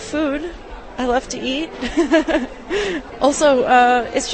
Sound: laughs